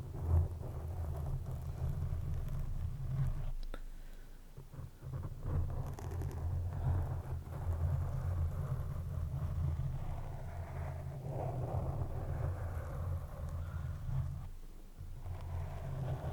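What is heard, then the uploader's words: Rough scratching and brushing of foam against the mic, with a heavy low rumble running through nearly the whole 16 seconds. The rubbing is dense and textured, swelling and easing in uneven strokes, with brief quieter dips near 4–5 and 15 seconds. Mic Brushing, Scratching & Tingly Foam Sounds.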